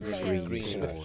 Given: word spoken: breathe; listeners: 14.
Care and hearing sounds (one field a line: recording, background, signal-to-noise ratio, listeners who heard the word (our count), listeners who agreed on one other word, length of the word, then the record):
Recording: one English word in noise, from a listening test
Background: four-talker babble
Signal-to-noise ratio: 0.2 dB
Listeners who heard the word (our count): 0 of 14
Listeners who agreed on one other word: 9 of 14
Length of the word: 0.65 s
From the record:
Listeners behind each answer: 9, 2, 1, 1, 1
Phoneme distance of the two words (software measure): 20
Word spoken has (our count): 1 syllable, 4 phonemes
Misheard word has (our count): 1 syllable, 4 phonemes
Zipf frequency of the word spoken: 4.35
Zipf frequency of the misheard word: 5.22